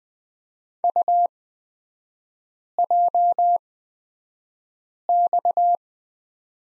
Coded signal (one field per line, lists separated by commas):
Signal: Morse code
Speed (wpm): 20 wpm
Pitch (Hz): 700 Hz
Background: none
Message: UJX